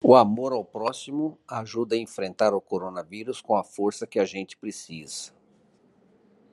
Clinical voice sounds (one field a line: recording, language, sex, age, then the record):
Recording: spoken sentence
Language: Brazilian Portuguese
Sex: male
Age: 60 to 69 years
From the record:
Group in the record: control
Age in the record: 65 years